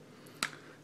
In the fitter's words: so I just heard a little click